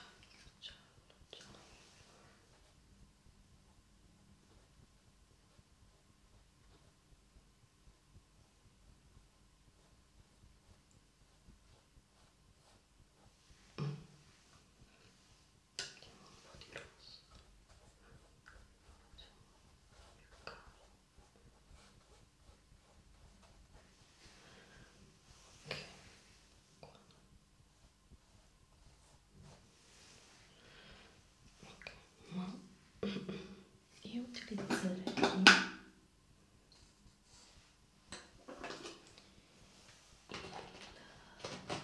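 Soft whisper-like brushing strokes come in sparse, irregular bursts over a low hum, growing busier and louder with a sharp peak near 35 seconds.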